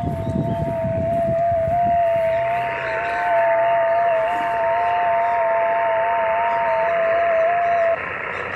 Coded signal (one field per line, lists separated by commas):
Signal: FT8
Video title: Antena Vertical Multibanda JPC-12 - Configuracion y Test en 40M 20M 15M y 10M JPC-7